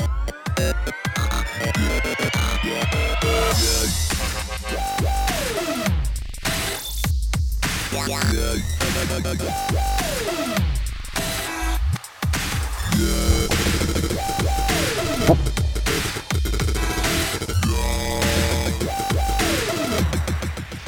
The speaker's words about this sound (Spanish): Y bueno, si sois oyentes habituales de Pata de Cabra, veréis que acaba de comenzar a sonar la música del sintetizador, la sintonía del sintetizador, que no es nada habitual, que suena así ya de primeras